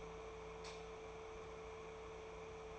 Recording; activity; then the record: daily activity, microphone in the room; light off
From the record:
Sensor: 1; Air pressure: 1014.8 hPa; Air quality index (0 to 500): 186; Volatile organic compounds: 18 ppm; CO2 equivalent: 2634 ppm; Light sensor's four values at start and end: 25/68/27/31 and 31/78/33/40